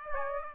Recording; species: mosquito wingbeat signal from an infrared sensor; Aedes aegypti